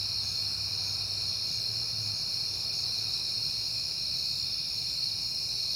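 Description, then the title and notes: Crickets chirping as a constant high chorus throughout, over a faint low rumble. Crickets on a peaceful night in September. "Night Time: Crickets and Passing Cars. It is September and I have been hearing the crickets a lot"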